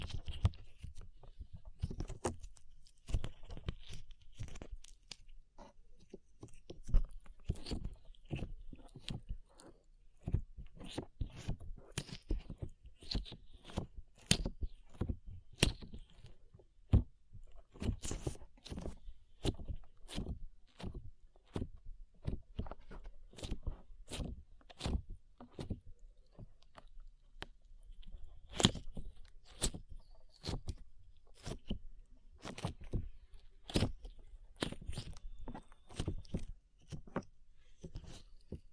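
Sticky slime being worked, with a dense, irregular stream of sharp wet pops and clicks running through the whole clip. The snaps come several per second in uneven clusters, each with a soft low thud, and a faint squelchy hiss sits between them.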